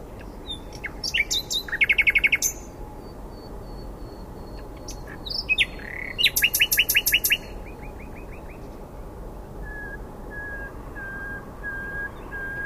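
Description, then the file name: Common nightingale song: two loud phrases of rapid, evenly repeated high notes with short chattering introductions, then quiet, spaced whistled notes over a steady background hiss. "Luscinia megarhynchos"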